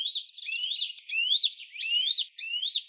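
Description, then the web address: Western Bonelli's warbler calling: a series of about five clear, rising upslurred whistles, each roughly half a second apart. "Phylloscopus bonelli"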